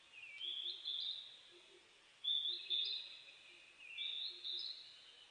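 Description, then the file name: Japanese robin song: three high trilled phrases about two seconds apart, with soft low pulsing sounds beneath. Recorded on 29 May 2004. "040529 komadori"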